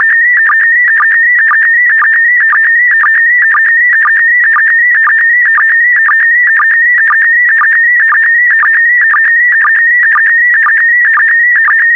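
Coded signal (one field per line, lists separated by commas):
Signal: SSTV (slow-scan television)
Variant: PD120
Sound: continuous warbling whistle around 2 kHz with rapid regular low blips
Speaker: get ready starting transmission in 5 4 3 2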